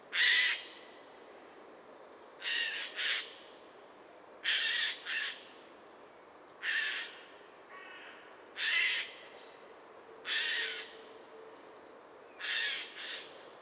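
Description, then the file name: Eurasian jay giving harsh, rasping screeches, broad and noisy, delivered singly or in quick pairs roughly every two seconds, about ten bursts over a faint steady hiss. "Garrulus glandarius"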